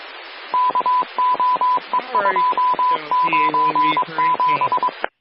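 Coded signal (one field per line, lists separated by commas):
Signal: Morse code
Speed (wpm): 23 wpm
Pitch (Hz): 1000 Hz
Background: speech, radio noise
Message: KOE297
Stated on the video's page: Scanner stream mixing ham radio and DMR.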